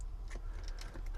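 A flat plastic toy tile is pressed back onto the front of a brick model, giving small clicks at 0.7 and 0.8 seconds amid faint handling noise and a low background hum. The tile is seated, leaving a smooth surface.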